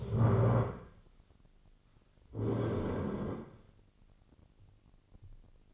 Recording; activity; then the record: daily activity, microphone in the room; stand up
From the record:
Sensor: 4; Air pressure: 1010.1 hPa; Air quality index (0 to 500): 188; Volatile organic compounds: 3 ppm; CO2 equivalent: 1355 ppm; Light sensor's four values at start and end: 36/89/37/39 and 36/87/36/38